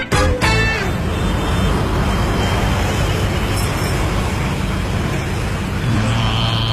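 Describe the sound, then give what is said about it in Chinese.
Steady street traffic rumbles throughout at a bus stop where a bus arrives without stopping, with a low engine drone like a bus idling, a few sharp clatters at the start and a faint hiss of air brakes near the end. “公交车到站不停”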